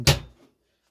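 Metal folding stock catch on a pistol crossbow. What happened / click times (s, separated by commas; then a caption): A metal catch snapped firmly shut / 0.1 s. The solid metal catch on an EK Archery Vlad pistol crossbow's folding stock snaps shut with one loud, sharp clack at 0.1 seconds. The clack fades within about half a second, and the catch is seated.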